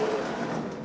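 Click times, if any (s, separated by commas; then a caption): none. A fridge slide is being moved back so its spring-loaded metal lock pin can engage the locking hole. A steady, broadband rumbling scrape runs through the clip and fades slightly toward the end, with no sharp transients. Nothing has seated or clicked yet.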